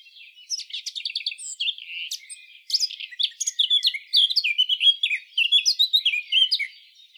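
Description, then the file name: Eurasian blackcap singing, opening with quick scratchy notes, then breaking into a loud, varied warble of clear fluty phrases that runs on for several seconds. "Sylvia atricapilla"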